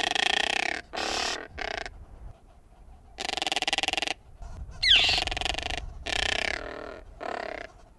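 Caracara uttering loud, coarse rattling bursts and wavering harsh squawks, with one sharp downward squeal, separated by quiet gaps.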